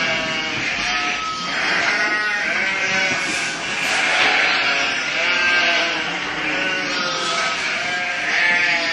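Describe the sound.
Sheep bleating in a dense flock chorus, many overlapping bleats without pause throughout.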